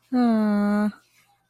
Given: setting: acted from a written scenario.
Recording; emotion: vocal sound without words; elation